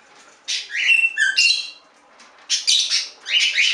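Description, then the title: Budgerigar warbling in two scratchy chattering phrases mixed with short whistled notes, with a quiet gap between them. "Budgie Sounds"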